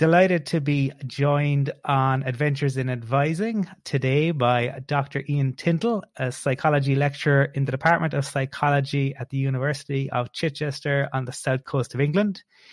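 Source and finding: Adult male speaker. Typical speech.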